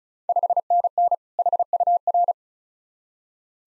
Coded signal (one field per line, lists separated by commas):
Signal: Morse code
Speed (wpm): 34 wpm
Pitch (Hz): 700 Hz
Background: none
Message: 5NN HUR